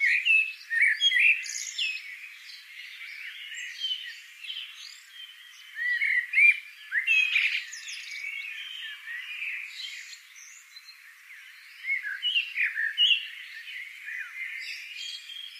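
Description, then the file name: Eurasian blackbird song: busy, scratchy twittering phrases in bursts separated by short pauses. "Turdus merula"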